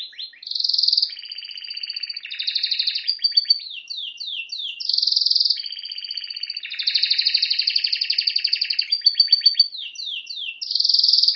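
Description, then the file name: Canary song, a long flowing sequence of high buzzy rolls, clear whistled tones and quick downward-slurred notes, phrases changing every second or two with no pause. "Canary Voice"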